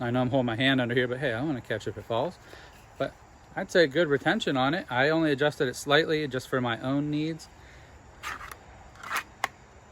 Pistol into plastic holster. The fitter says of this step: a very nice audible click on this side I like the fact it has a sweat guard